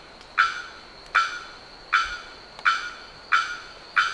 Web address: bearded bellbird. صدای-پرنده-زنگمرغ-ریشدار